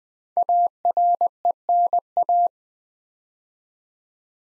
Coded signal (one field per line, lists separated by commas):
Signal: Morse code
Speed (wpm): 20 wpm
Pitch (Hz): 700 Hz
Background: none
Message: ARENA